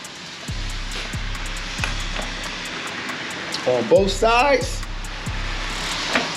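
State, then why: Not seated. A windshield trim panel is lined up on its two flanges on both sides of a Harley-Davidson Road Glide motorcycle fairing before being pushed down to snap into place. Someone talks over a steady background hum with light handling noises, including a short sharp knock at 1.8 s. Nothing has snapped or seated yet.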